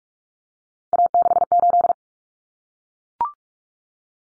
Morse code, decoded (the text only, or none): A68